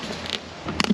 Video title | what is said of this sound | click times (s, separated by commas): Are These Cheap XR150L Mods The Solution To Our Problems?? | Damn, I was hoping that would make a more satisfying click sound. | 0.8 s